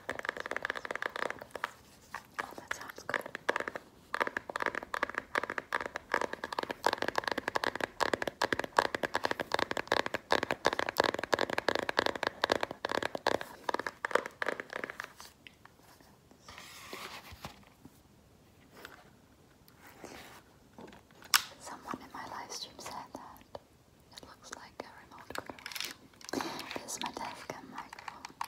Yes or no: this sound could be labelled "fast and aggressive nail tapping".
yes